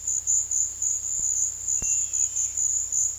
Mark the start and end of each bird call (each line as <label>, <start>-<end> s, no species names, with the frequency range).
bird call (2.1-4.0 kHz), 1.76-2.64 s